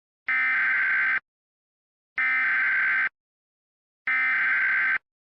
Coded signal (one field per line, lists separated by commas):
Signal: Emergency Alert System (SAME) tones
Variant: header bursts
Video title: eas scenario: the meteor remastered